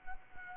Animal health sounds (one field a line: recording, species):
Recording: mosquito wingbeat signal from an infrared sensor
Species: Culex quinquefasciatus